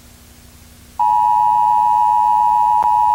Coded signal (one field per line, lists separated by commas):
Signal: Emergency Alert System (SAME) tones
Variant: 853 and 960 Hz attention tone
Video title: End of the world | EAS Scenario